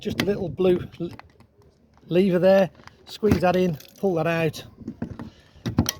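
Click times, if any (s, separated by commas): 5.9 s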